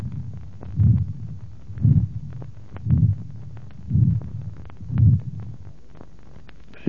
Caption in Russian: Громкий грубый систолический шум. Преобладание стеноза аорты. При сочетании аортального стеноза и аортальной недостаточности.